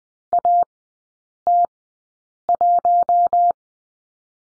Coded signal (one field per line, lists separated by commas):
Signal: Morse code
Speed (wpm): 20 wpm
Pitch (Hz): 700 Hz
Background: none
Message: AT1